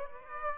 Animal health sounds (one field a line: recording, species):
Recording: mosquito wingbeat signal from an infrared sensor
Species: Aedes aegypti